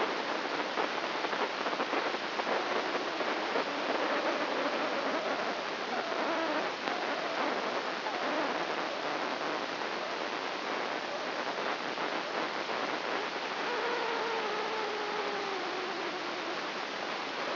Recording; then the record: brain microelectrode recording played as sound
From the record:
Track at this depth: outside the subthalamic nucleus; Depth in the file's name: 0.407 mm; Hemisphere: right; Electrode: 2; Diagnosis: Parkinson's disease